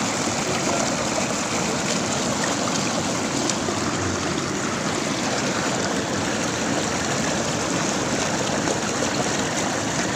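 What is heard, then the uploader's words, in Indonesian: Water chatters steadily along a river, a dense, unbroken rush of small splashes and gurgles filling the whole ten seconds. The sound is even, bright with fine fizzing detail, with no distinct events standing out. Obrolan kawanan air yang tidak sengaja aku dengar di sungai.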